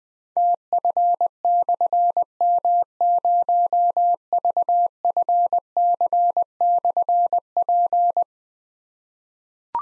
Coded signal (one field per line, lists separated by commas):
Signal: Morse code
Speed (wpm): 20 wpm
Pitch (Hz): 700 Hz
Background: none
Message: TF/M0VFC/P